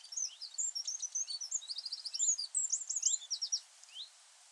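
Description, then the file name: Eurasian wren song: rapid high-pitched warbling trill lasting about three and a half seconds, ending with a single rising tick. "Troglodytes troglodytes"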